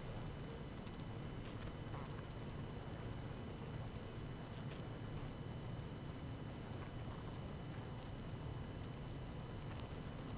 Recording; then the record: honeybee colony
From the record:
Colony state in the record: active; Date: 12 June 2018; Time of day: 17:54